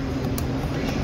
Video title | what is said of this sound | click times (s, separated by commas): 2019 Volkswagen Alltrack | you hear that click a little | 0.4 s